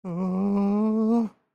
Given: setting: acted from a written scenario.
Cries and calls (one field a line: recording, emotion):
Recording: vocal sound without words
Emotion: distress